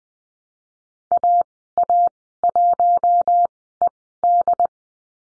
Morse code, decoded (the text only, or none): AA1ED